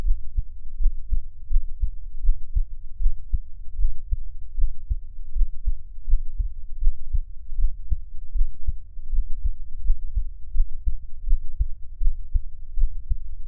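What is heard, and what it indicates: An adult's steady, low, thumping heartbeat at about 82 beats a minute, heard close up for ASMR listening, with no talking and a faint background hum.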